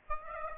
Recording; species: mosquito wingbeat signal from an infrared sensor; Aedes aegypti